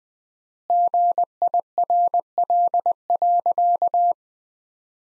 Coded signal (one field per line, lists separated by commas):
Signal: Morse code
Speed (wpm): 21 wpm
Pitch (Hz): 700 Hz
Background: none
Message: GIRL.